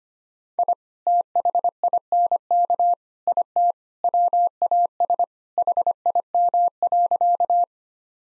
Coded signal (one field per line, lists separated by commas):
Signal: Morse code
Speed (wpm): 25 wpm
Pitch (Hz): 700 Hz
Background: none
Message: I THINK IT WAS HIM.